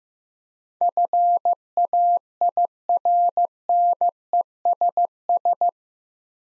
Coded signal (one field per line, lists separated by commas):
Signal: Morse code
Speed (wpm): 15 wpm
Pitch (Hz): 700 Hz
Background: none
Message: FAIRNESS